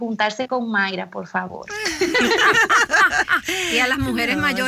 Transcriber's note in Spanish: Risas